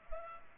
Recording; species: mosquito wingbeat signal from an infrared sensor; Culex pipiens